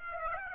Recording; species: mosquito wingbeat signal from an infrared sensor; Aedes aegypti